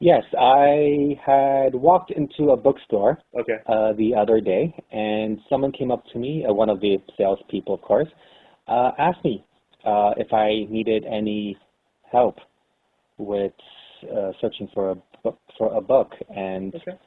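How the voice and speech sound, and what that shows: An adult man who stutters tells a short story about a bookstore, with stretched vowels, silent blocks, a false start with a sound repeated before "book", and long hesitant pauses splitting phrases. These are the repetitions, prolongations and blocks of stuttering.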